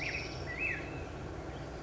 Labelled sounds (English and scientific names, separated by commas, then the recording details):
Black-headed Grosbeak (Pheucticus melanocephalus)
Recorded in Sonoma County, California